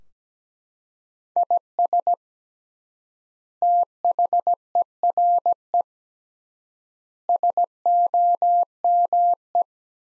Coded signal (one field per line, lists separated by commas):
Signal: Morse code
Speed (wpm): 17 wpm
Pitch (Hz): 700 Hz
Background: none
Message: IS THERE SOME